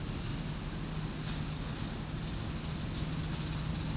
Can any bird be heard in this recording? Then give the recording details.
no. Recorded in pastures near Puerto Asís, Putumayo, Colombia, on 12 March 2025 at 11:00. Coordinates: 0.472, -76.329. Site G074